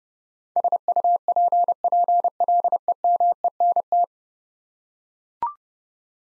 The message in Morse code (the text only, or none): SUPPLEMENT